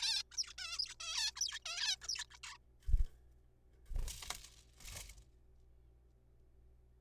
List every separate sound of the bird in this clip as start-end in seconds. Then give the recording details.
0.01-0.22, 0.31-0.37, 0.37-0.53, 0.58-0.78, 0.79-0.95, 1.00-1.31, 1.36-1.41, 1.41-1.59, 1.66-1.96, 2.02-2.07, 2.09-2.24, 2.31-2.37, 2.43-2.57. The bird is a juvenile. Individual R3428